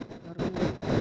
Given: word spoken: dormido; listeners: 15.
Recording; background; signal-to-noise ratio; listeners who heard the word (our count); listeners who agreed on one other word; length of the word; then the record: one Spanish word in noise, from a listening test; noise modulated by one talker; -10.3 dB; 2 of 15; 7 of 15; 0.61 s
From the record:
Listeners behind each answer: 7, 4, 2, 1, 1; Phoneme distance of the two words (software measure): 17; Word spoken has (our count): 3 syllables, 7 phonemes, stress on syllable 2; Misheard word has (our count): 2 syllables, 6 phonemes, stress on syllable 2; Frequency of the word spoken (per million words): 19.66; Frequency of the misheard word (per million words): 54.53